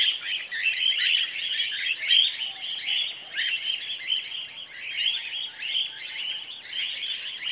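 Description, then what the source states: Cockatiels calling as a flock, a dense, continuous chatter of short, rasping, warbled notes that rise and fall in waves throughout. Several cockatiels.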